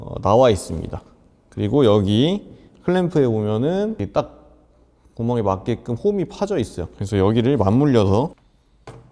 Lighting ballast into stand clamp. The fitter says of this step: 딸깍 소리가 날 때까지 넣어 주는데 딸깍 소리가 났다고 해 가지고 바로 손 놓지 마세요.